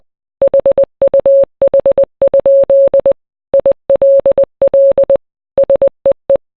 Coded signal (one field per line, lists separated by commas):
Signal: Morse code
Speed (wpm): 20 wpm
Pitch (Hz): 550 Hz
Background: none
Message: HUH? ILL SEE